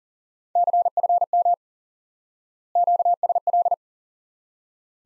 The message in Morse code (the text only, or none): CFM QSL